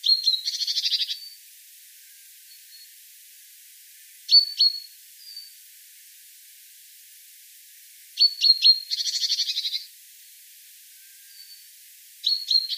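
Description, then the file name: Great tit calling: short high clipped notes about every four seconds, every other group followed by a dry buzzy churring rattle, with faint thin notes between bouts. "Parus major"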